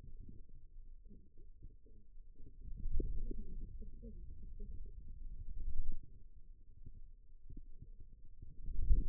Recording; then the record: forearm muscle sounds (acoustic myography)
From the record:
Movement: wrist extension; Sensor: system 2, bracelet of six BSWA MPA416 microphones around the upper forearm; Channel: 1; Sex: male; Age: 22 years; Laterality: right